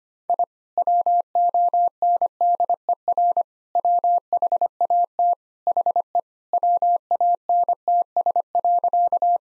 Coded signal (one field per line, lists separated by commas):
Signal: Morse code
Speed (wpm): 25 wpm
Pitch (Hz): 700 Hz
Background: none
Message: I WONDER WHAT HE WANTS.